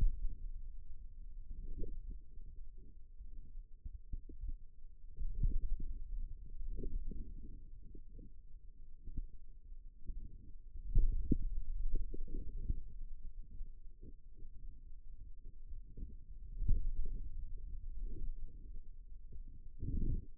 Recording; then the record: forearm muscle sounds (acoustic myography)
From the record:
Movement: finger pinch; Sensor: system 2, bracelet of six BSWA MPA416 microphones around the upper forearm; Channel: 4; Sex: male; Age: 22 years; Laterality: right